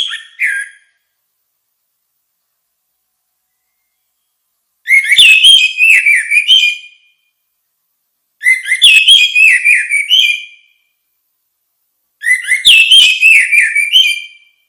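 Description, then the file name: Orange-headed thrush song: loud whistled phrases of rich varied notes, each about two seconds long, given three times after a brief opening note, with silent gaps between. "suara kicau burung anis merah"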